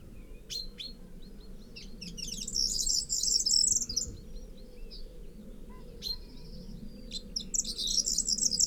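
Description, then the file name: Common chaffinch giving high-pitched chirps and short trilled bursts, strongest around three seconds and again near the end, with scattered single notes between and a constant low background hum. "Fringilla coelebs"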